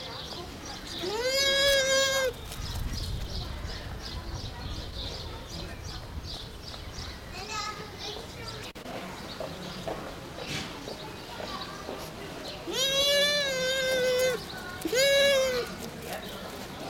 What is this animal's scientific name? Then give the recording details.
Speothos venaticus. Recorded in captivity. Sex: male. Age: adult. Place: Zoo Berlin, Berlin, DE. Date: 1992-05-09 12:27. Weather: wolkig, 11-14°C. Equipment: Nagra SN, Mikrofon AKG CK 8, Kopie Tesla B 116. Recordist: Tembrock, Günter